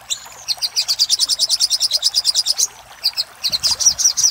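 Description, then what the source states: Little spiderhunter song: rapid series of sharp, high chipping notes, with a thin whistled note and brief pauses between bursts. Master recording for training cage birds; local name sogok ontong, labaik type.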